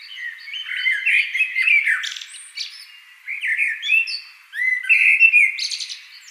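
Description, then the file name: Common blackbird singing: fluty slurred notes running into scratchy high flourishes, three phrases in quick succession. "Turdus merula"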